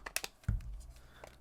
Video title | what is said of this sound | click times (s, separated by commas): Best And Worst Cases for Google Pixel Fold | kind of just pops into place just like that so there it is on the phone | 0.2 s